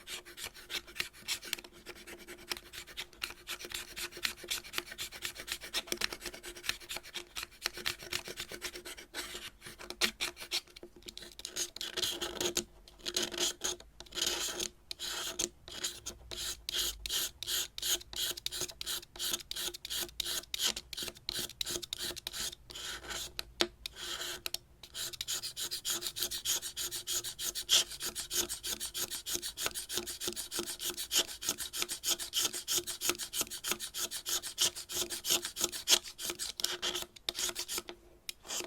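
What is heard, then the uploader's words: Scratching fills the recording, a dense run of quick raspy strokes like nails or a file dragged over a rough surface. The strokes come fast and fairly regular with brief pauses, bright and hissy, over a faint steady low hum underneath. Scratching , Tapping & Massage with DIFFERENT Mics , Items & Nails No Talking.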